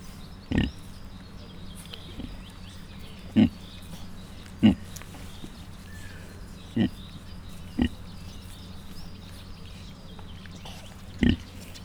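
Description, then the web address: Mangalica piglets producing sparse, short husky grunts at irregular intervals, about six throughout, with a quiet continuous hum behind. Five cat-sized suckling Mangalica piglets, kept in a zoo in Miskolc, recorded in 2018. "mangalica otmacskanagysaguszoposmalac"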